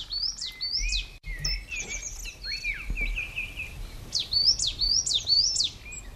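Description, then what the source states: Coal tit song: bright, high notes sweeping up and down in quick repeated phrases. Singing intensely in a pine forest at Cercedilla, Sierra de Guadarrama, Madrid, recorded the day before; should stay silent another five or six weeks, so singing out of season.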